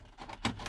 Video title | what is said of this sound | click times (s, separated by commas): vw t5 headunit removal #diy #builtnotbought #rcd310 | just going to go down the side, hear it pop out, down this side, hear it pop out, along the bottom edge, | 0.4 s